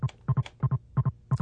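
Rapid, regular, loud double thumps with a soft whooshing edge, about 180 a minute, over a low hum. This is the heartbeat of a baby boy who was in trouble, picked up by a hospital Doppler monitor about two weeks before he was stillborn.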